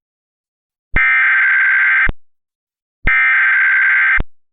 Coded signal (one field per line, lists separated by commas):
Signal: Emergency Alert System (SAME) tones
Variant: header bursts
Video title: EAS SCENARIO EARTH'S DISASTER CRISIS EPISODE 1 EAST COAST, LAKE MICHIGAN, AND WEST COAST CHAOS